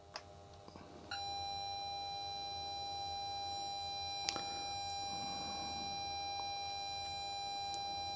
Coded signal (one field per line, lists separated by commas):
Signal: ZX Spectrum tape loading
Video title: BUILDING and testing two ZX Spectrum SOUND CARDS from old computer magazines